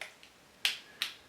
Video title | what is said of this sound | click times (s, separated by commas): Adding Storage to your Galaxy S4- do this when the phone is new! | it should make little clicky Snappy noises as you as you do it | 0.0 s, 0.7 s, 1.0 s